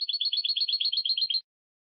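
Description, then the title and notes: European goldfinch: a quick, even trill of many bright twittering notes alternating between two pitches, lasting under one and a half seconds, then silence. Clean song for copying, from a song-training CD. "canto de jilguero limpio"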